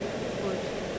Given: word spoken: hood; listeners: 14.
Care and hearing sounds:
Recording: one English word in noise, from a listening test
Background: speech-shaped noise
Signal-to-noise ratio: -6.1 dB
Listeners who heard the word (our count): 0 of 14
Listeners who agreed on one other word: 8 of 14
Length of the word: 0.59 s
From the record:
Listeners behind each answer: 8, 2, 1, 1, 1, 1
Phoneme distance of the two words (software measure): 10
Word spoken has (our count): 1 syllable, 3 phonemes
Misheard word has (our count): 1 syllable, 3 phonemes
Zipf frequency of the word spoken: 3.95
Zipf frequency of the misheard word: 4.78

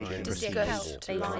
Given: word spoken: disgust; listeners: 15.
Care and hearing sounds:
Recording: one English word in noise, from a listening test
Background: four-talker babble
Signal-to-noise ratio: -2.0 dB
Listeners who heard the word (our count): 6 of 15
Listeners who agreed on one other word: 7 of 15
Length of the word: 1.00 s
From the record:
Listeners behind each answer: 7, 6, 1, 1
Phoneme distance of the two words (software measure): 17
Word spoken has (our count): 2 syllables, 7 phonemes, stress on syllable 2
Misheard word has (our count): 2 syllables, 6 phonemes, stress on syllable 2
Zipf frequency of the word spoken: 3.26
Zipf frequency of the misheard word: 4.57

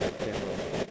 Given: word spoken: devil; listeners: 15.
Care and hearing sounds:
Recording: one English word in noise, from a listening test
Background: noise modulated by three-talker babble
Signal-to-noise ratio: -5.0 dB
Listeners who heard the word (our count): 1 of 15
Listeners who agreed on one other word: 6 of 15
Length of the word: 0.50 s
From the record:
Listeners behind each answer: 6, 1, 1, 1, 1, 1, 1, 1, 1, 1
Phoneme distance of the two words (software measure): 34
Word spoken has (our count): 2 syllables, 4 phonemes, stress on syllable 1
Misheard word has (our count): 2 syllables, 6 phonemes, stress on syllable 1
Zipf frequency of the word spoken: 4.24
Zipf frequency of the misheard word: 5.05

